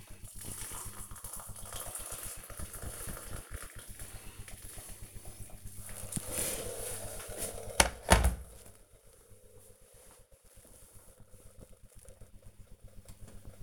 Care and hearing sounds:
household activities, microphone on the right wrist
0.00-8.72 s: making tea

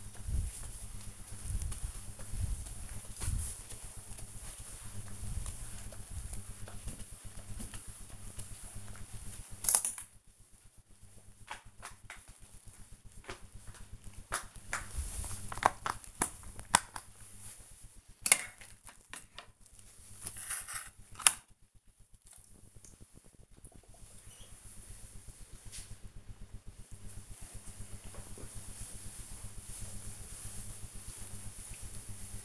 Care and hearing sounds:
household activities, microphone on the right wrist
0.00-22.17 s: floor cleaning

